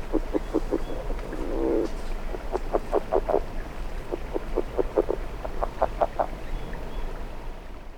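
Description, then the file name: California red-legged frog producing repeated low stuttering pulses in loose groups, with a brief breathy rasp early on and a faint background hum throughout. "Rana draytonii"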